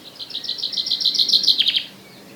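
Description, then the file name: Common chaffinch song phrase: a quick series of bright repeated notes building into a brief emphatic flourish at the end. "Fringilla coelebs"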